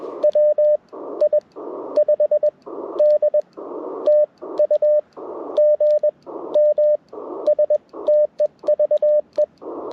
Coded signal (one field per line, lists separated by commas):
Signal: Morse code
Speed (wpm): 21 wpm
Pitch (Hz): 600 Hz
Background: radio noise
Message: WI5D TU GM STEVE